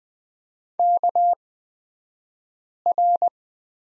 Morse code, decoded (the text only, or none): KR